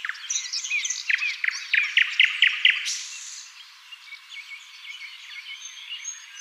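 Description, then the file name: Common nightingale song with mixed chirps and a quick run of repeated sharp notes, a brief noisy burst, then quieter background twittering. "Luscinia megarhynchos"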